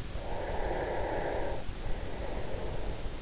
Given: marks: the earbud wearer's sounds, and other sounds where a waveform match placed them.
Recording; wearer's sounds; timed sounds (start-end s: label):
sounds in sleep by an in-ear microphone; breath
0.27-3.08 s: breath